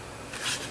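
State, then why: Not seated. Side mirror glass for a Ford Taurus is lined up with the pins on the mirror housing and pushed on by hand. A soft, broadband rubbing and handling noise swells briefly around 0.4–0.55 s, with no sharp transients. Nothing has seated or clicked yet.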